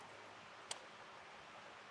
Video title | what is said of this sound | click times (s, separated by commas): etrailer - A Closer Look at the Thule Epos Bike Rack with LEDs for 3 Bikes | And once that's locked into place, it's not going to allow you to lift this tab up | 0.7 s